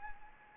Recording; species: mosquito wingbeat signal from an infrared sensor; Anopheles arabiensis